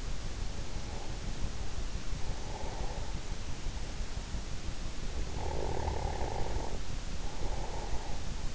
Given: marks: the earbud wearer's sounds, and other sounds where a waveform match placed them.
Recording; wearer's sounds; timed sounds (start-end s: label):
sounds in sleep by an in-ear microphone; breath, snoring breath
0.36-3.66 s: breath
5.14-8.54 s: snoring breath